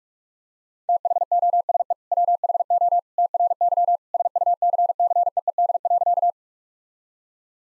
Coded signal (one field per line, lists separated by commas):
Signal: Morse code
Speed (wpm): 46 wpm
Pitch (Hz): 700 Hz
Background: none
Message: THOSE WHO TRY SUCCEED.